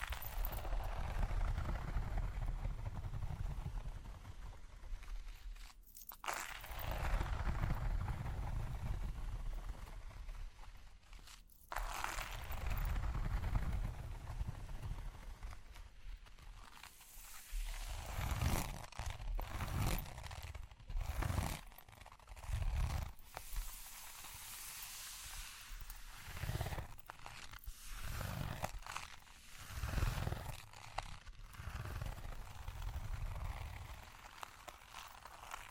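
Rough, crackling scratching and rubbing with heavy low rumbles, broken by brief silences near six and eleven seconds, then choppier bursts afterward.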